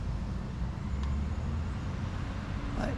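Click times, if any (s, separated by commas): none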